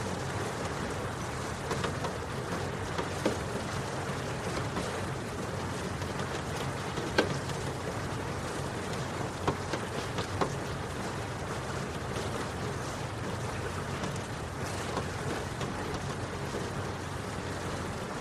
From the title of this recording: Serene Rain Sounds